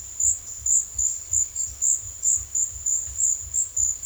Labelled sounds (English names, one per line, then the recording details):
none
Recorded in secondary vegetation near Puerto Asís, Putumayo, Colombia, on 22 June 2025
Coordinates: 0.488, -76.319
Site G094